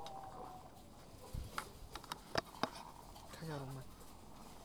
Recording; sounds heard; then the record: poultry house recording; sick chickens (respiratory disease)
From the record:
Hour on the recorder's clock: 21